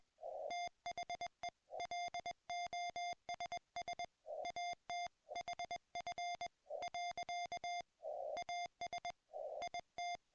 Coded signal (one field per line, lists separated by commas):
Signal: Morse code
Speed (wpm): 21 wpm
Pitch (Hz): 690 Hz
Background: music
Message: THE LOSS AT HF . AS IT